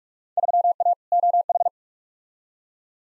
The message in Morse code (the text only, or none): 3A OH